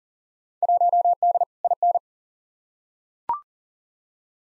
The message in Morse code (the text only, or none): 1D IN